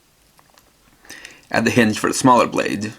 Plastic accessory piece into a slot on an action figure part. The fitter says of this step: take this new one then pop it into this slot and it'll actually click in place here